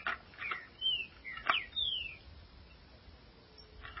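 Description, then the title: Green-winged saltator whistling a few clear, slurred notes, some falling, over a hissy background with brief clicks. "Trinca Ferro"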